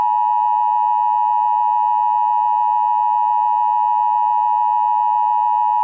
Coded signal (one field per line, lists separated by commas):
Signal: Emergency Alert System (SAME) tones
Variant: 853 and 960 Hz attention tone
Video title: The Ultimate Derecho (EAS Mock)